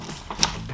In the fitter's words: then you'll hear a click on each side boom